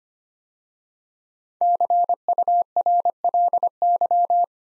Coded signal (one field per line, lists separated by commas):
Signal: Morse code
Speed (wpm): 25 wpm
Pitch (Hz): 700 Hz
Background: none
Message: CURLY